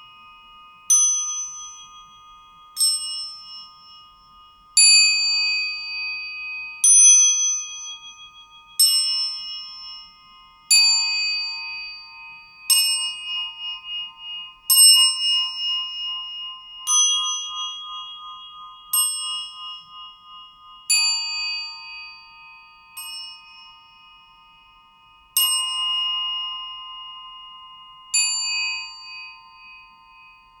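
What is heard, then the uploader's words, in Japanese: A singing bowl (orin) is struck in a temple main hall roughly every two seconds, each strike a clear, bright metallic ring. The tones overlap and decay slowly, leaving a steady high hum between strikes. The sound is otherwise quiet. 静岡県伊豆の国市 正蓮寺 本堂での「おりん」の音 by渡邉元浄さん（正蓮寺住職）。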